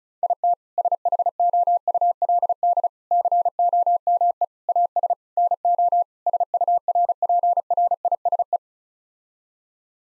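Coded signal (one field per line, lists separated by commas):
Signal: Morse code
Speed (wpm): 34 wpm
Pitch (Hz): 700 Hz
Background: none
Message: IT SHOULD COME AS NO SURPRISE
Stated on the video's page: Head-copy practice: six-word common English phrases sent in Morse at 35 wpm, each sent, then spoken, then sent again.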